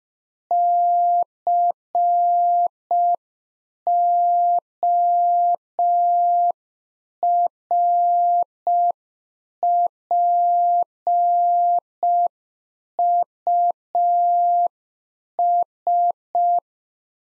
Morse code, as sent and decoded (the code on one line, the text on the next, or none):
-.-. --- .-. .--. ..- ...
CORPUS